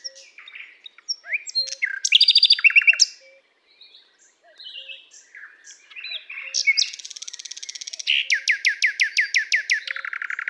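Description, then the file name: Common nightingale song: varied phrases of whistles and harsh chatter, ending in a fast, loud series of repeated downward notes, with a soft low whistle recurring in the background. "Luscinia megarhynchos"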